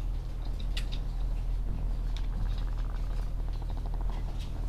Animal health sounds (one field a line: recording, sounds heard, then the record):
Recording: poultry house recording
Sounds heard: sick chickens (respiratory disease)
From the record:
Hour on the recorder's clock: 16